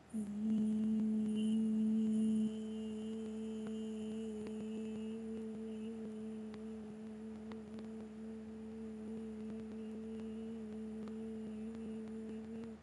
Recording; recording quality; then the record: sustained vowel as in beet; excellent, no background noise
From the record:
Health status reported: healthy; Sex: female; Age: 51 years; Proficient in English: yes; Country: India